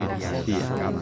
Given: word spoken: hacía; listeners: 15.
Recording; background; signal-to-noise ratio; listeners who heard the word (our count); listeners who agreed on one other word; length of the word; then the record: one Spanish word in noise, from a listening test; eight-talker babble; -1.7 dB; 0 of 15; 7 of 15; 0.62 s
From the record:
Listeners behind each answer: 7, 1, 1, 1, 1, 1, 1, 1, 1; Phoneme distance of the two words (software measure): 24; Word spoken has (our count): 3 syllables, 4 phonemes, stress on syllable 2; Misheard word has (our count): 2 syllables, 4 phonemes, stress on syllable 1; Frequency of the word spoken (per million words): 175.99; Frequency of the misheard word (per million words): 100.47